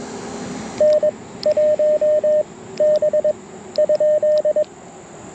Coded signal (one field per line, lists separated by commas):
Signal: Morse code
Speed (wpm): 22 wpm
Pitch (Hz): 610 Hz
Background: radio noise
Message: N 1 B ?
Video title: Saturday Morning QRP CW POTA Activation - 08/05/2023 @ K-4451